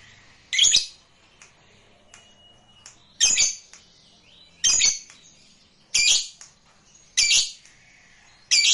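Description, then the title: Lovebird giving harsh, buzzy high chirps, single bursts spaced a second or two apart, with quiet gaps between. Recording meant to make a lazy lovebird eager to sing, spontaneously going straight into narik singing. "LOVEBIRD Malas Bunyi JADI GREGET SPONTAN Langsung NARIK"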